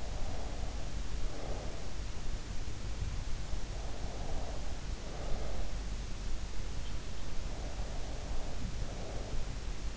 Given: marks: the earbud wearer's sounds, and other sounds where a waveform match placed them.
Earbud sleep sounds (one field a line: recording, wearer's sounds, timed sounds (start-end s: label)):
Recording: sounds in sleep by an in-ear microphone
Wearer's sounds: breath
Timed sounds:
0.00-2.01 s: breath
3.92-5.89 s: breath
8.21-9.84 s: breath